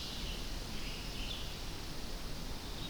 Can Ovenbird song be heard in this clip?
no